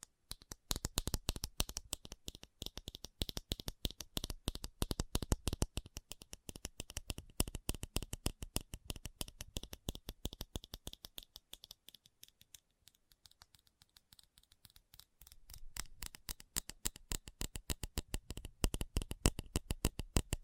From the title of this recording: ASMR Fast Tapping